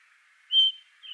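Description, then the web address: Blackstart call: a single clear, level whistled note, with softer whistling sounds before and after. "Schulze Peter Blackstart calls"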